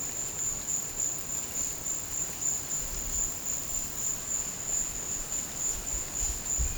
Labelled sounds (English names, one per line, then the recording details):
none
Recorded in pastures near Puerto Asís, Putumayo, Colombia, on 22 December 2024 at 13:30
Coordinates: 0.466, -76.322
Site G040